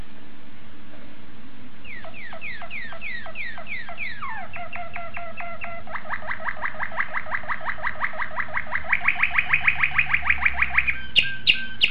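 Domestic canary song with sweeping whistles, then rapid paired notes, building into a fast, loud rolling trill and ending with sharp accented notes.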